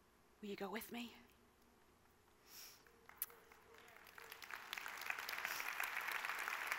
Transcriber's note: long applause